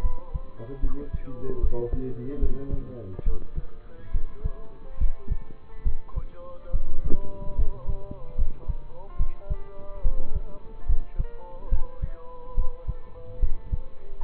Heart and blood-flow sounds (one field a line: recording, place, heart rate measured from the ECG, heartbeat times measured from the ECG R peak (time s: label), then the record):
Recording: heart sounds by stethoscope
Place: between the tricuspid and mitral areas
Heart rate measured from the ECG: 72 bpm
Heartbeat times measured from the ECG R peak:
0.01 s: heartbeat
0.81 s: heartbeat
1.60 s: heartbeat
2.40 s: heartbeat
3.24 s: heartbeat
4.12 s: heartbeat
4.98 s: heartbeat
5.83 s: heartbeat
6.71 s: heartbeat
7.56 s: heartbeat
8.36 s: heartbeat
9.17 s: heartbeat
10.02 s: heartbeat
10.86 s: heartbeat
11.69 s: heartbeat
12.55 s: heartbeat
13.40 s: heartbeat
14.20 s: heartbeat
From the record:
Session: rest, lying down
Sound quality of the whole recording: partially saturated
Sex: male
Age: 27 years